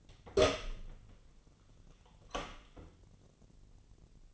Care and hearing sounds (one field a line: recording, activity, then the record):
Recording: daily activity, microphone in the room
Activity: open door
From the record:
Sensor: 4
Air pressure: 1010.0 hPa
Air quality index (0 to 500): 191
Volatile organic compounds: 3 ppm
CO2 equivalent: 1374 ppm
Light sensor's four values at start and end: 35/86/35/37 and 33/81/33/35